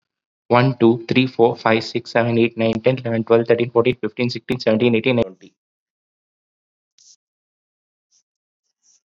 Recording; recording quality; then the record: counting at a fast pace; excellent, no background noise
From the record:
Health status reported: COVID-19 positive, mild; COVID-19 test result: positive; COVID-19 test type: rapid antigen test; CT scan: not taken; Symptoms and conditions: cough, fever, another condition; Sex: male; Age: 30 years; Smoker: no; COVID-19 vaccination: none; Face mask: worn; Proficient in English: yes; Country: India